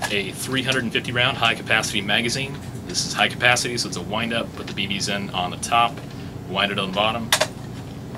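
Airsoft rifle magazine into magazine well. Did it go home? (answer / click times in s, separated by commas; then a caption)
no / none. A 350-round high-capacity wind-up airsoft magazine for a KWA KM4 SR10 2GX airsoft electric rifle is handled near the magazine well while someone talks. The BBs load on top and it winds on the bottom. Faint handling noises sit under the speech, and the clip ends with the magazine not yet inserted, so nothing has seated or clicked yet.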